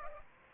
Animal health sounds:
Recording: mosquito wingbeat signal from an infrared sensor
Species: Aedes aegypti

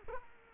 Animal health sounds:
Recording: mosquito wingbeat signal from an infrared sensor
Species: Culex quinquefasciatus

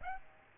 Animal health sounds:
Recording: mosquito wingbeat signal from an infrared sensor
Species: Aedes aegypti

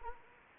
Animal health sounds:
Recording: mosquito wingbeat signal from an infrared sensor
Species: Anopheles arabiensis

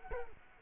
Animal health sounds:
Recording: mosquito wingbeat signal from an infrared sensor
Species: Culex quinquefasciatus

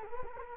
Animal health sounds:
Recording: mosquito wingbeat signal from an infrared sensor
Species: Culex quinquefasciatus

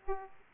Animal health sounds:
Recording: mosquito wingbeat signal from an infrared sensor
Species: Aedes aegypti

